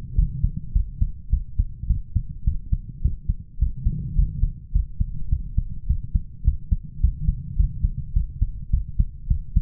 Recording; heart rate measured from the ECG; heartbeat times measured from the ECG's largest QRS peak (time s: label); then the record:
heart sounds by stethoscope; 105 bpm
0.17 s: heartbeat
0.75 s: heartbeat
1.32 s: heartbeat
1.89 s: heartbeat
2.46 s: heartbeat
3.04 s: heartbeat
3.61 s: heartbeat
4.17 s: heartbeat
4.74 s: heartbeat
5.31 s: heartbeat
5.89 s: heartbeat
6.46 s: heartbeat
7.03 s: heartbeat
7.58 s: heartbeat
8.15 s: heartbeat
8.73 s: heartbeat
9.30 s: heartbeat
From the record:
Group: healthy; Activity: cold pressor test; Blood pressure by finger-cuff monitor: 138/91 mmHg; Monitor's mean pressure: 109 mmHg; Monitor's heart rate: 105 bpm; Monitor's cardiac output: 7.8 L/min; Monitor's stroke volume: 73 mL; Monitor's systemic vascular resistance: 1030 dyn s/cm5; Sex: male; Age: 21 years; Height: 175 cm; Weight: 72.6 kg